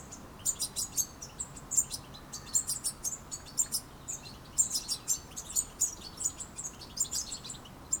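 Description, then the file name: European goldfinch calls, a dense tangle of high liquid tweets and short trills in uneven bursts, with faint background noise throughout. "Carduelis carduelis"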